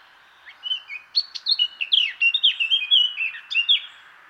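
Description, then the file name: Eurasian blackcap song, a lively warble of short rising and falling whistles over a steady background hiss, lasting roughly three seconds. "Sylvia atricapilla"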